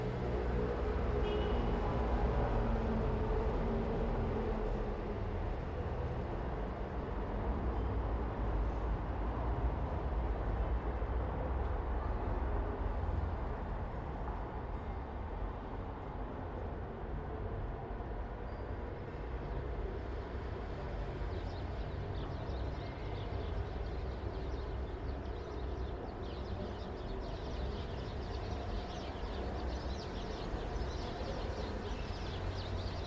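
Street traffic rumbles steadily, heavy low engine drone throughout, with a faint brighter hiss of passing vehicles building in the final ten seconds.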